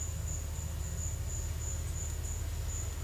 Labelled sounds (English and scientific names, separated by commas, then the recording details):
none
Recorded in secondary vegetation near Puerto Asís, Putumayo, Colombia, on 20 December 2024 at 13:30
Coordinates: 0.499, -76.323
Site G010